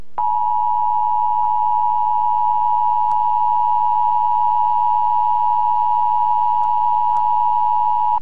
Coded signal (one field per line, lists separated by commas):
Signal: Emergency Alert System (SAME) tones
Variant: 853 and 960 Hz attention tone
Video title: EAS Zombie Alert 2